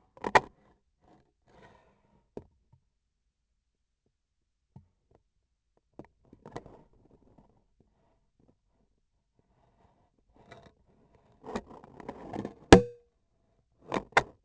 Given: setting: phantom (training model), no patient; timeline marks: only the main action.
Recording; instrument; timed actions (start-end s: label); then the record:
laparoscopic instrument, vibration sensor on the handle end; scissors
11.88-13.20 s: cutting foam
From the record:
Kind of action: gesture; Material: foam